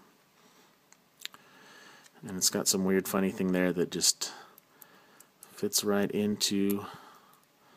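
A plastic accessory, an axe or weapon part, is handled and pushed toward a peg on a posable plastic robot action figure while someone talks. A few faint taps and small handling knocks are heard between the speech. Nothing has seated or clicked into place yet when the clip ends.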